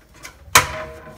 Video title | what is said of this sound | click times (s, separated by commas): How To Set Up A Tower Garden - FOOD GARDENING | Oh, it just snapped right in. Snapped right in. | 0.6 s